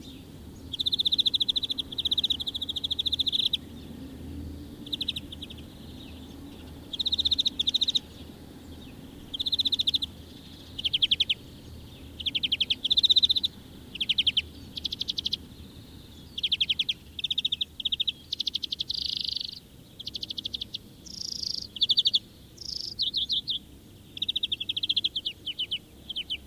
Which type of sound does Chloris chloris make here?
song